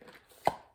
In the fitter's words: it extends out and locks into place I got